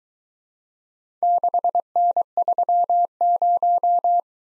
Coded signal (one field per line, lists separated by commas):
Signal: Morse code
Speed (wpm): 23 wpm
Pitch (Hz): 700 Hz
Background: none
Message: 6N30